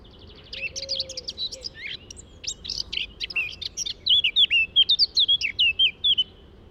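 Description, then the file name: Eurasian blackcap song: soft scratchy chatter leading into a loud, evenly spaced run of pure fluty whistles. "Sylvia atricapilla"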